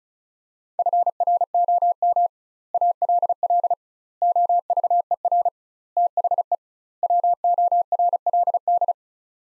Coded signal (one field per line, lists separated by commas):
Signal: Morse code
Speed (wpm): 36 wpm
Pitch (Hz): 700 Hz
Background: none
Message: FROM ALL OVER THE WORLD